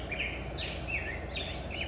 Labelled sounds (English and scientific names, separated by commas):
Black-headed Grosbeak (Pheucticus melanocephalus)